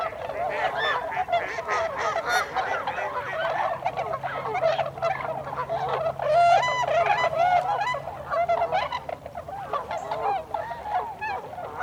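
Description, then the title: Tundra swans calling in a flock, many overlapping honking, bugling notes forming a steady, loud chorus with a few higher yelps standing out. Recorded 26 December 2020; several tundra swans. "2020-12-26-Tundra-Swans"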